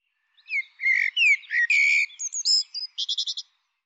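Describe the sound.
Bird calling in a quick varied run of high chirps and slurred whistles, ending in a fast buzzy trill of repeated notes; background silent.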